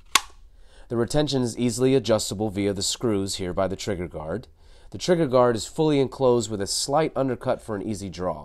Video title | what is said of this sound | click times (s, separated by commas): Sig Sauer P365 Tuckable IWB KYDEX Holster - Rounded Gear by Concealment Express | This is the right hand model here and the first thing you notice is our posi-click audible retention that lets you know when the gun is securely holstered with a satisfying click. | 0.2 s